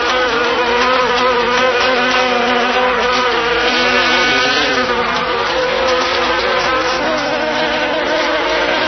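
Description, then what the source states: Bee buzzing in a thick continuous drone, layered tones wavering slightly in pitch, with no breaks or other clear sounds. Recorded 18 July 2004.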